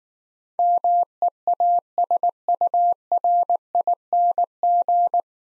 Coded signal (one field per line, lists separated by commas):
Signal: Morse code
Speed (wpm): 19 wpm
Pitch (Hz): 700 Hz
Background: none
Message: MEASURING